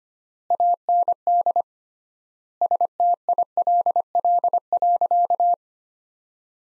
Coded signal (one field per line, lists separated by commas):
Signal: Morse code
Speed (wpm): 25 wpm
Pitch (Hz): 700 Hz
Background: none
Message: AND STILL.